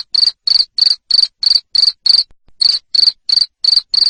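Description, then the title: Cricket chirping loudly, high trilled pulses repeated about three times a second in a steady run, with one brief pause midway. Loud cricket chirping used to stimulate lovebirds to keep singing. "Suara JANGKRIK NGERIK Keras Bikin LOVEBIRD Jadi NGEKEK Terus Vubey"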